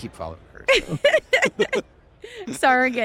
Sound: laughs